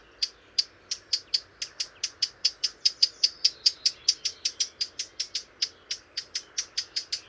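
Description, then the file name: Eurasian blackcap giving hard, sharp clicking tac calls in a rapid, steady series throughout. "Sylvia atricapilla"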